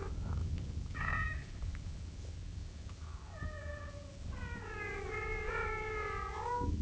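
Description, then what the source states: Cat giving several meows: a short one early, a falling meow midway, then a long wavering meow near the end, with low rumbling noise throughout. Cat gently meowing at long intervals.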